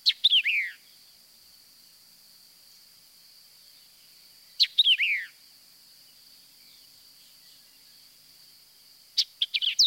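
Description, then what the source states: White-eyed Vireo giving short sharp songs, each a snappy chick followed by rapid slurred downward notes, repeated about every four to five seconds. Shortened version of the song; the initial chick phrase is a common element in the song.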